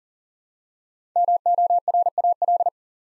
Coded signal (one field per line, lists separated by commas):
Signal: Morse code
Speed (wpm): 40 wpm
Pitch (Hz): 700 Hz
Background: none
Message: MORAL